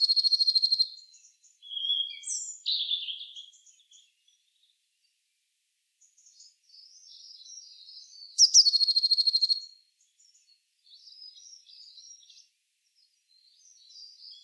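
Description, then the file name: Eurasian blue tit: a rapid high trill, thin sliding notes, then another buzzy trill about eight seconds later, with soft scratchy twittering between. "Cyanistes caeruleus"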